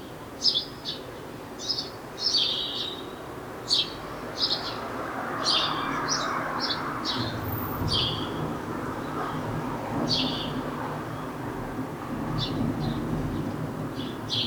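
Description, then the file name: House sparrow chirps, many short notes that thin out in the second half, over a rumbling, noisy background. "Passer domesticus"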